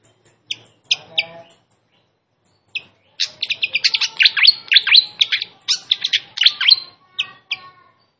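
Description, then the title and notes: Malaysian pied fantail song opening with a few separate high chirps, then building into a fast, dense run of sharp whistled and buzzy notes. Song recording made for training caged birds, featuring a clear voice; also called Sikatan Londo. "Masteran Sikatan Kipas Suara Jernih Dan Suara Gemericik Air. Suara Burung Sikatan Londo"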